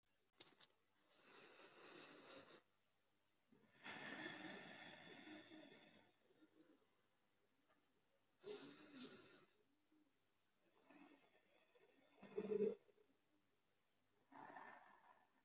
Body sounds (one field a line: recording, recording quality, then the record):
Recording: deep breathing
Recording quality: moderate, slight background noise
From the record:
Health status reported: healthy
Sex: male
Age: 24 years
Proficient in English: yes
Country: India